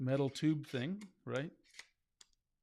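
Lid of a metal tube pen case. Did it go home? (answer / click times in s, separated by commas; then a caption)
yes / 2.2 s. Someone talks, then the lid of a standard XP-Pen metal tube pen case, from an XP-Pen Artist Pro 22 Gen2, is closed and locks in place with a sharp tick at 2.2 s. The case unlocks with a single press, and a softer tap is heard just before the lock at 1.8 s.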